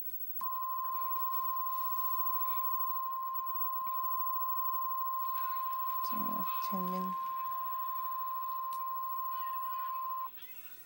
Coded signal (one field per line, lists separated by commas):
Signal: Emergency Alert System (SAME) tones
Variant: 1050 Hz attention tone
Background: speech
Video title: EAS mock-the Wildcard of nature